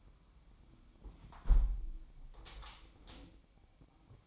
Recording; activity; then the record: daily activity, microphone in the room; close window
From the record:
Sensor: 1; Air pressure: 1006.5 hPa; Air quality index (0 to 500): 208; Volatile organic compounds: 24 ppm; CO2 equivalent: 2805 ppm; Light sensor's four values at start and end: 12/32/12/14 and 12/31/12/13